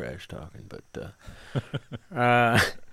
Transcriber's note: soundbite of laughter